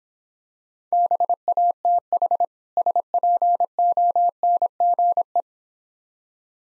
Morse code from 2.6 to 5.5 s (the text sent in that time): SPONGE